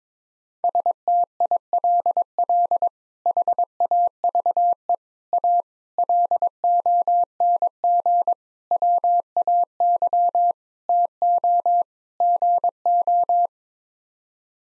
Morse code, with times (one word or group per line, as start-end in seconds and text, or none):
0.6-2.9 STILL
3.3-5.0 HAVE
5.3-5.6 A
6.0-8.3 LONG
8.7-10.5 WAY
10.9-11.8 TO
12.2-13.5 GO